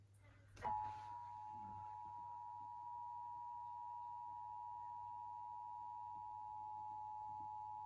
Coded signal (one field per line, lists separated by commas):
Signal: Emergency Alert System (SAME) tones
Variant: 853 and 960 Hz attention tone